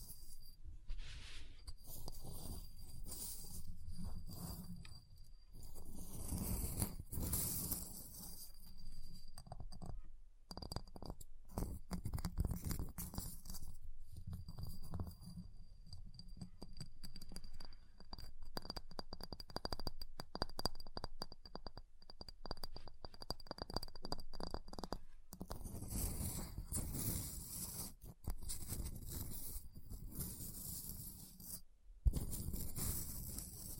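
Ice being scratched and carved in dense, irregular scraping strokes, with quick taps mixed in throughout. A faint steady high whine runs under the first twenty-five seconds. Heavier, rougher scraping surges near seven seconds and again after twenty-six, with brief pauses between.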